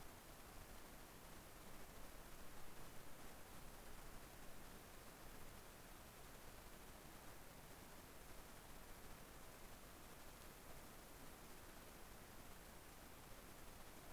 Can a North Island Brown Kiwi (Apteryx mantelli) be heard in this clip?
no